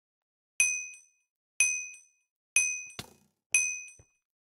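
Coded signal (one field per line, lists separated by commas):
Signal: none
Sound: game's ding sounds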